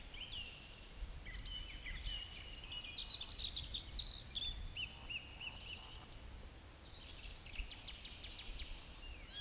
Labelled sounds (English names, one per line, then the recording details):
Eurasian Woodcock whistle
Eurasian Woodcock croak
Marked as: whistle, croak, whistle, croak, whistle, croak
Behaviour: display flight
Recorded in Baden-Württemberg, Germany, on 11 June 2021 at 19:42 UTC
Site 24608, 624 m above sea level